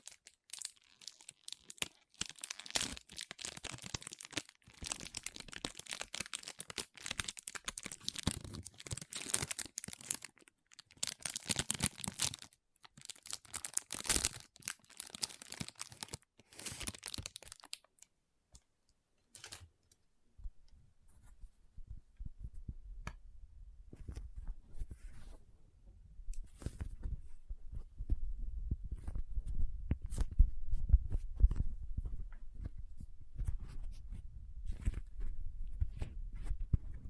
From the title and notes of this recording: Soft Squishy Sticky, Crinkle, Cutting Sounds (No Talking).